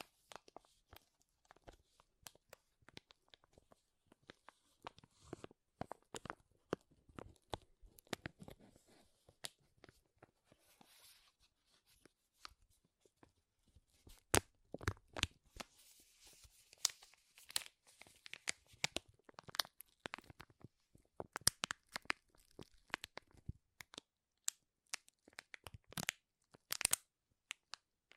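Loud crinkling fills the recording, a dense run of sharp crackles and snaps across the whole range from low to bright. The crackles come in irregular bursts, thinning briefly around ten to fourteen seconds, then growing busier and louder toward the end.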